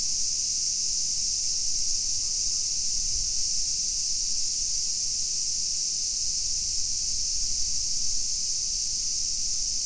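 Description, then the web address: Cicada song: a continuous shrill hiss-like drone, constant in pitch and loudness, with faint low rumbles underneath. Recorded 8 August 2019. "fukudai fu-cicada"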